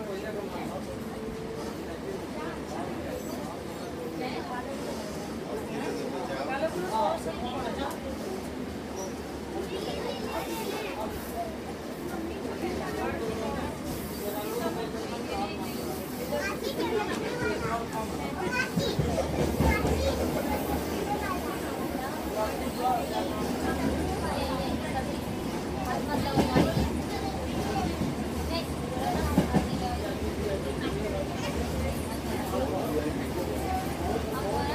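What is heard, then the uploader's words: Railroad sounds with a steady low rumble underneath a busy layer of voices, including children, talking close by. The noise swells and grows fuller after about eighteen seconds, with a few sharp knocks around twenty-six and twenty-nine seconds. Upbeat Railroad Sounds.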